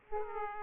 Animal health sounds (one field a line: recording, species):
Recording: mosquito wingbeat signal from an infrared sensor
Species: Aedes aegypti